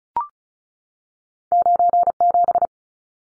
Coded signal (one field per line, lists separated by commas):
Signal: Morse code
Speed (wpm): 34 wpm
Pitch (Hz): 700 Hz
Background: none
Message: 97